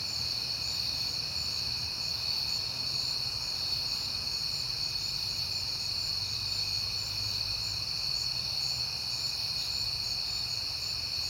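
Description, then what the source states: Crickets keep up a continuous high trilling chorus over a faint low rumble. Crickets at night in September, on a peaceful night.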